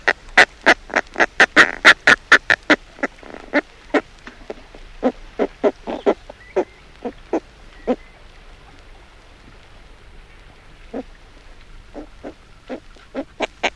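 Northern fulmar cackling, rapid harsh clucks at first, then thinning to scattered single notes with pauses, ending in a few quick clucks again.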